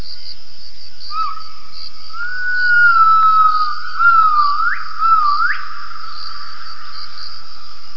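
Gibbon giving pure whistled notes, a long held tone followed by short notes sweeping sharply upward, with a steady faint high hiss throughout.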